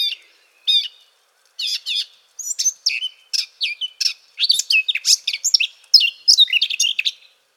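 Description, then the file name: Eurasian blackcap song, a few scattered notes at first, building into a fast, rich warble of whistled and chirping notes. "Sylvia atricapilla"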